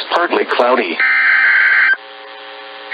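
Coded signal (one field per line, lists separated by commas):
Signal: Emergency Alert System (SAME) tones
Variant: header bursts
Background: speech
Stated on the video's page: Hurricane and tropical storm warning tones from NOAA Weather Radio station in Daytona Beach, Florida.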